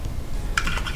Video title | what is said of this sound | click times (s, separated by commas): Hangar 9 Carbon Cub 15cc BUILD Part 4 | well maybe maybe maybe only one side clipped in | 0.6 s